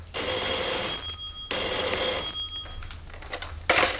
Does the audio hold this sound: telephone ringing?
yes